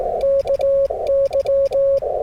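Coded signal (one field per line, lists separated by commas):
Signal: Morse code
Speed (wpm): 19 wpm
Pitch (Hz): 560 Hz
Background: none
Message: KY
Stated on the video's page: Straight-key QRP Morse during a windy Parks on the Air activation, using a QMX and then an FT-891 transceiver.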